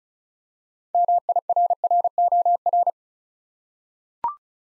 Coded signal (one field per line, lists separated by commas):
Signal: Morse code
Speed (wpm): 36 wpm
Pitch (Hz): 700 Hz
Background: none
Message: MIRROR